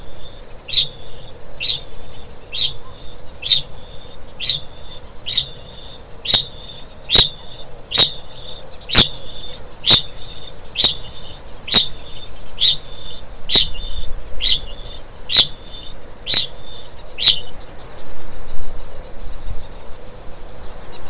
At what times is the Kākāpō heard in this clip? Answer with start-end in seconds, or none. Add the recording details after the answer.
0.00-17.61. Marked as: faintness 3/5. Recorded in New Zealand. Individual Stumpy